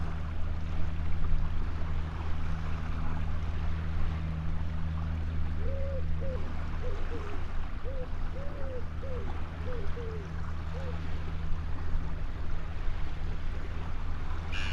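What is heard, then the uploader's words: A ship passes on a bleak estuary, its engine a steady low drone with a deeper throb underneath that eases off after about ten seconds. Wind and lapping water fill the background, and a short run of rising and falling tonal calls sounds between six and eleven seconds. Estuary bleak passing ship. This is the very last segment of an amazing overnight recording the Lento box captured several years ago from the seawall just east of Burnham-on-Crouch.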